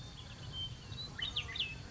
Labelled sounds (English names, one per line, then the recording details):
Oak Titmouse
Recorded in Sonoma County, California